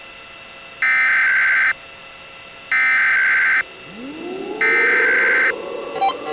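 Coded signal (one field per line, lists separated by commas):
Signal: Emergency Alert System (SAME) tones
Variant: header bursts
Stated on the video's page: Mock recreation of the Greensburg, Kansas tornado warning, not the original broadcast.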